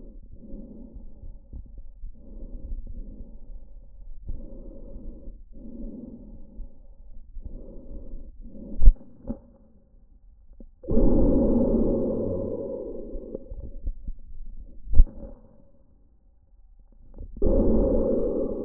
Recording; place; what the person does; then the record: lung sounds by stethoscope; trachea; quiet breathing, then deep breathing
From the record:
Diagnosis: COPD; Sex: male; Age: 59 years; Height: 171 cm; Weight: 91.4 kg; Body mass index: 31.3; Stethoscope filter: diaphragm mode